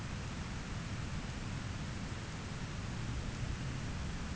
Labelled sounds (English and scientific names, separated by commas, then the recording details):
none
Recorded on Arctic tundra, site ZACK-1, on 13 June 2019
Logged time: 09:49